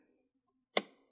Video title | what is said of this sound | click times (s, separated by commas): DELL G3 15 series HDD / SSD upgrade GUIDE | gonna hear a click sound at the end yeah | 0.8 s